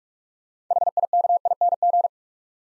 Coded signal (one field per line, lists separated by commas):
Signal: Morse code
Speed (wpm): 44 wpm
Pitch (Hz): 700 Hz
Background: none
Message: HIKING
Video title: Easy Words - Speed-Racing with Hints - 35wpm